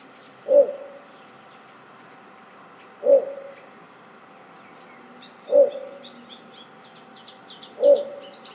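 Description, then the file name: Little bittern calling with low, gruff single croaks, four of them spaced about two and a half seconds apart; faint high bird twittering runs in the background. "torpegem-hangja torpegem-Ixobrychus-minutus"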